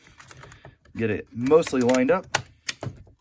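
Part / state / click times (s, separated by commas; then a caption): plastic instrument cluster component into the dashboard gauge cluster housing / seated / 2.7 s. During reassembly of a Gen 3 Montero instrument cluster, a plastic instrument cluster component is lined up and pushed down into the dashboard gauge cluster housing while someone talks, with faint light ticks early on. One sharp snap at 2.7 s shows the piece seating into place, followed by a few softer knocks.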